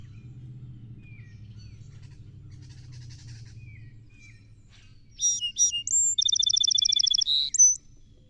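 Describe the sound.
Song sparrow: low rumbling background with a few faint chips, then a song sparrow sings: introductory notes, a fast trill and a short whistled ending.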